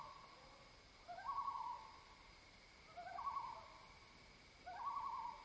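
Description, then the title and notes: Common loon wailing in three drawn-out calls, each sliding up to a held higher note, spaced roughly two seconds apart over quiet steady background hiss. Loons giving their night chorus after dark, heard from the edge of a dock on Squam Lake, Holderness, New Hampshire. "After dark, the loons perform their night chorus."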